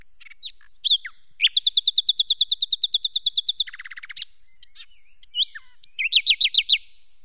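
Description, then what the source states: Common nightingale song: scattered whistles, then a long fast run of loud repeated notes, a lower rattling series, and rapid whistled phrases to finish. Singing in spring woodland, 2016.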